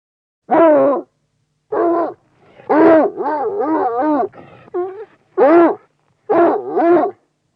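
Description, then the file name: Bloodhound letting out a run of resonant baying barks, one stretched into a longer wavering howl-like call, with brief pauses between. "Digiffects Sound Effects Library - Bloodhound Dog Barks"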